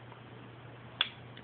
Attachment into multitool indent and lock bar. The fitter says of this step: so it snaps right in nice lockable snap uh so that is the left hand side on mine